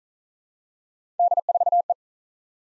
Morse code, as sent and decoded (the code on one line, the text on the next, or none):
-.. ....- .
D4E